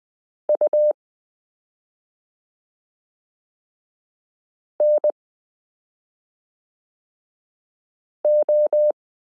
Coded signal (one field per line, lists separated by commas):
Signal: Morse code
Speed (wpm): 20 wpm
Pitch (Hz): 600 Hz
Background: none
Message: U NO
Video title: Morse Code Listening Lesson 15 - s u a p t l o w i (.)period n j e